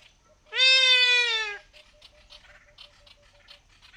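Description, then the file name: Trumpeter hornbill call: one loud, nasal wailing note lasting about a second, rich in harmonics and falling slightly at the end, followed by faint soft chattering notes. "trombitas szarvascsoru hangja"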